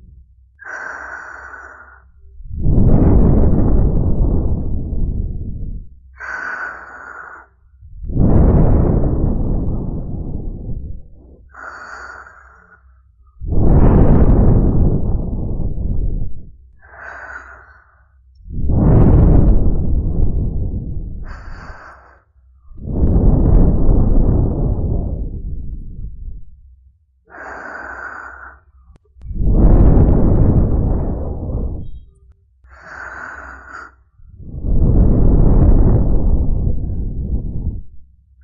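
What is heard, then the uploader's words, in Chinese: Slow breaths blown into the ears, alternating between short, sharper inhales with a faint hiss and longer, softer exhaled puffs that swell and fade. The pairs repeat steadily about every five or six seconds over a low, constant hum in the background. 酥麻双耳吹气。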